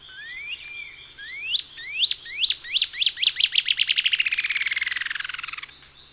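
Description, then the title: Cinereous antshrike call: a series of rising, whistled upslurred notes that speed up into a fast descending rattle-like trill, then stop. Subspecies glaucus. "LuckyPassaro Completos2Sama. Cinereous Antshrike (Thamnomanes caesius glaucus)"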